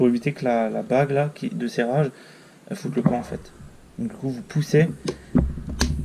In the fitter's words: voilà là vous avez entendu clic voilà